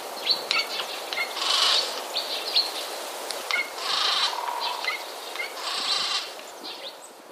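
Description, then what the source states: Eurasian jay alarm call: three harsh, rasping screeches roughly two seconds apart, with short high chirps from small birds scattered between them. Alarm call serving as a warning to house sparrows; recorded 23 January 2016.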